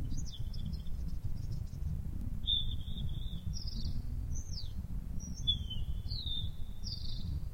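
Bird song: thin high whistles, some slurring downward and some held steady, in short phrases over a low, constant rumble.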